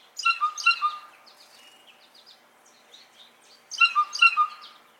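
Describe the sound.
Blue Jay calls: two bursts of clear, ringing notes about three and a half seconds apart, with softer notes in the gap.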